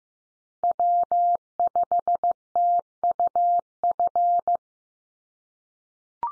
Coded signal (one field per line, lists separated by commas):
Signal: Morse code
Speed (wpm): 15 wpm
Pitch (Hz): 700 Hz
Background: none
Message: W5TUF